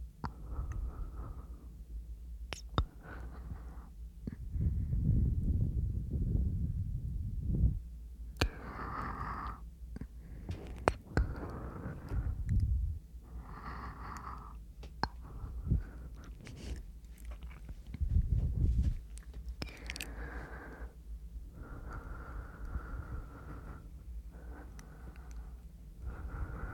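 Mouth sounds and breathing: soft wet clicks and smacks come every second or two, with sharper snaps near 3, 8 and 11 seconds. Low breathy swells rise and fall between them, strongest around 5–7 and 18 seconds, over a quiet steady hum.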